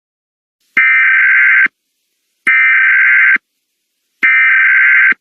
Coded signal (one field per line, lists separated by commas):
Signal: Emergency Alert System (SAME) tones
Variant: header bursts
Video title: EAS Scenario - Sudan Conflict